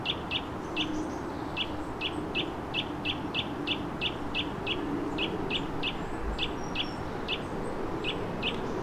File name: Sitta europaea